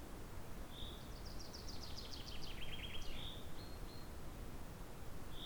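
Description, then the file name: Common chaffinch singing one full phrase, opening with a short note, then a quick descending cascade and terminal flourish, followed by a few thin single notes; constant low-pitched rumble behind. "Fringilla coelebs"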